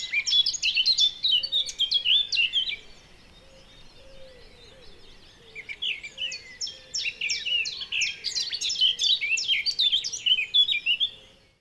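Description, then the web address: Eurasian blackcap song in two bursts of rapid, scratchy chattering separated by a pause. "SETE Sylvia atricapilla"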